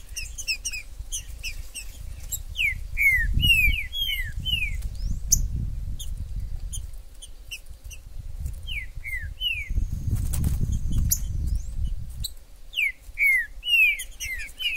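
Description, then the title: Green-winged saltator whistling descending slurred notes in loose series among many high chirps from other birds, with gusts of low rumbling noise at intervals. Wild bird in the forest; the video is meant to excite a kept trinca-ferro to call, sing and display in contests. "TRINCA Piando, Cantando E Macheando Na DISPUTA. TRINCA FERRO no MATO. Trinca ferro MAJOR no MATO"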